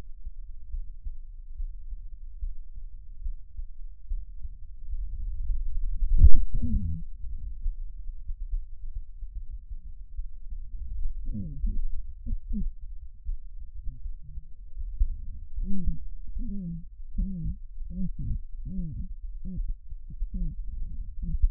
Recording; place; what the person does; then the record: lung sounds by stethoscope; right anterior apical chest; quiet breathing, then cough and speech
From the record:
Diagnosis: interstitial lung disease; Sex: female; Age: 72 years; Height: 153 cm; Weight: 71 kg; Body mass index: 30.3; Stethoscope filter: bell mode